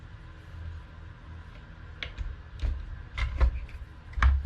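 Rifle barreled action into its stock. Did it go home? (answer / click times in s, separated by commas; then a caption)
yes / 4.2 s. The steel barreled action of a Tikka T3x Lite bolt rifle is lowered into its synthetic camo stock, which is held in a gun vise. Quiet handling knocks come at about 2.0, 2.6, 3.4 and 3.7 s, and then a sharp small click at 4.2 s as the action seats home in the stock.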